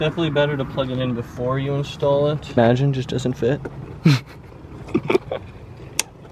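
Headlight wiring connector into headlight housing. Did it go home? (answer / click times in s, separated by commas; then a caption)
yes / 6.0 s. A headlight wiring connector is plugged into the back of a new Helix MK7.5-style headlight housing for an MK7 before the light goes into the car, while someone talks. A sharp, bright click at 6.0 s marks the plug seating properly home.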